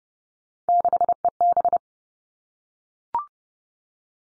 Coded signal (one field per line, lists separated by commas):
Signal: Morse code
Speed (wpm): 30 wpm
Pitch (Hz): 700 Hz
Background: none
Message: 6EB